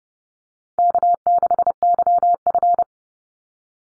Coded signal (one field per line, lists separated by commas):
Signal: Morse code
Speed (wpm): 30 wpm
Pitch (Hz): 700 Hz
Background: none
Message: K6YF